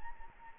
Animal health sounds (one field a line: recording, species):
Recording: mosquito wingbeat signal from an infrared sensor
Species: Anopheles arabiensis